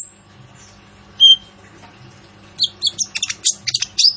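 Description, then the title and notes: Sunbird song: a brief high whistle, then a burst of sharp, high chirps and twittering notes after a quiet start, over a faint low hum. Masteran (training recording for songbirds), loud, persistent singing with rich fill-in phrases and bursts, suited to prompting other birds to sing. "MASTERAN KOLIBRI NINJA FULL ISIAN DAN TEMBAKAN COCOK BUAT PANCINGAN. Suara Burung Kolibri Ninja Gacor"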